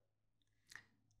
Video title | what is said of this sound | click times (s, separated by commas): Tubingen Hip Flexion and Abduction Orthosis Application - Tayfun ACIKGOZ, MD | and both clips shall be attached until the click sound is heard. | 0.8 s